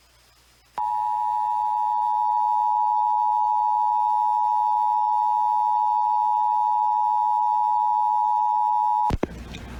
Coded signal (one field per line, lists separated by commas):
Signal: Emergency Alert System (SAME) tones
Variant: 853 and 960 Hz attention tone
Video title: EAS Required Monthly Test Minnesota/Wisconsin (Christmastime in the Iron Range Edition!)